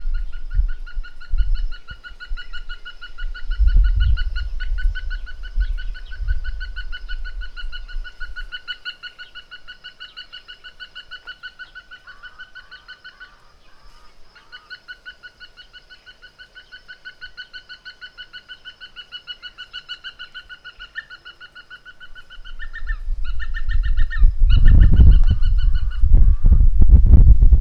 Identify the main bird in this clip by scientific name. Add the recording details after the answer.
Lophoceros hemprichii. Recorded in northern Uganda